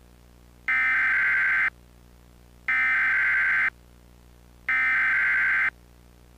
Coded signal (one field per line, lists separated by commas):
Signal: Emergency Alert System (SAME) tones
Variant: header bursts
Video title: EAS Recreation Mock - TOR AND 100 MPH WIND GUSTS???